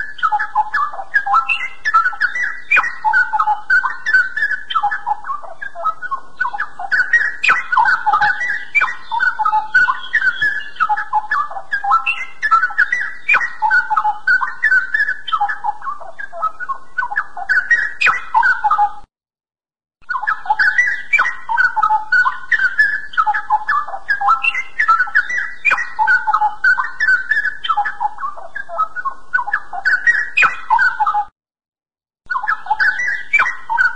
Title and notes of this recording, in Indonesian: Suara Cucak Rowo Gacor Ropel dan Gacor. Suara kicauan burung cucak rowo yang khas serta sangat keras